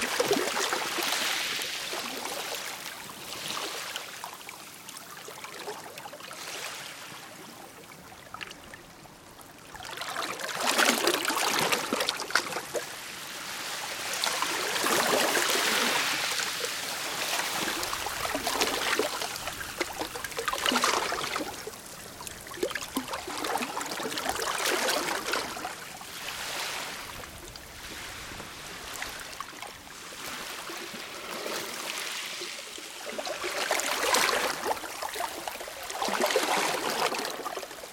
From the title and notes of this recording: INNER LOCH • Calm Waves on a Lake.